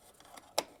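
The plastic arm of a replacement Elite head strap is slid under the side mount of an Oculus Quest 2 VR headset body and pressed in. A single sharp, bright click is heard at 0.6 s, with a few faint ticks before it. The arm snaps into the headset and is seated.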